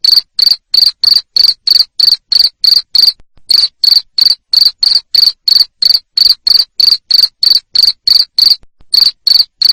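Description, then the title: Cricket giving loud, high, buzzy chirps in quick regular succession, roughly three each second, broken by two short gaps. Loud cricket chirping used to stimulate lovebirds into continuous singing. "Suara JANGKRIK NGERIK Keras Bikin LOVEBIRD Jadi NGEKEK Terus Vubey"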